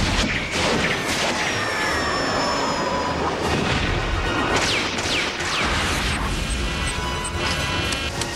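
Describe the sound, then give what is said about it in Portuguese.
Rockets fired in a Power Rangers battle scene whoosh and streak upward with sharp hisses and whistling tones, followed by repeated blasts and crashing impacts, a dense, loud barrage with no speech. “Lançar foguetes.”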